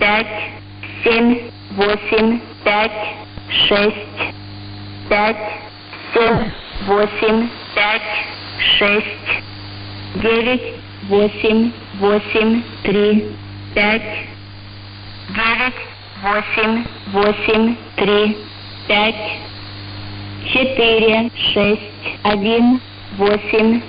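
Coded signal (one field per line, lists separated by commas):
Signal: numbers station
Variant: S06s, Russian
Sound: a voice reading short Russian words in steady groups over a radio channel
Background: radio hum and static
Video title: 06 07 2021 Number station S06s Russian Lady in Russian to Eu 0730 on 7365 unknown tx site in CUSB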